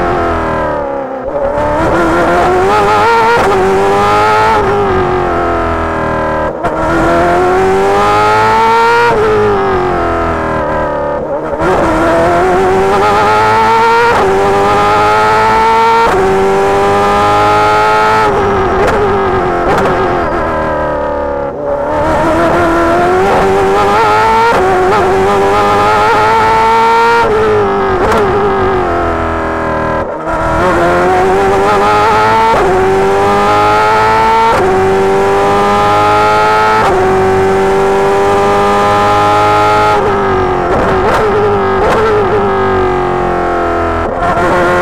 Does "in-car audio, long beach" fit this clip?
yes